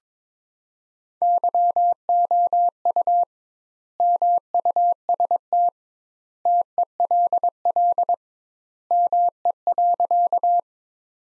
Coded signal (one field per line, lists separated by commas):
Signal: Morse code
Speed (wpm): 21 wpm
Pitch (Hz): 700 Hz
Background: none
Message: YOU MUST TELL ME.